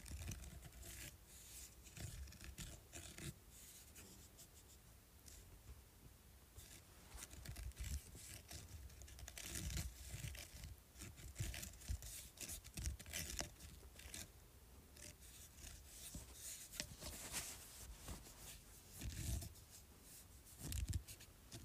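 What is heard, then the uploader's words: Scratching on a speaker fills the recording with dense, irregular scraping and crackling strokes that flare bright and then dull again. Low rumbling thumps run underneath. Sharp bursts come every second or two, with stronger clusters near 10, 17 and 21 seconds. ASMR Scratching Speaker.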